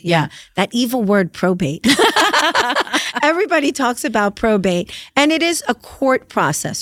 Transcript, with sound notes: Yeah. That evil word, probate. [LAUGHTER] Everybody talks about probate, and it is a court process.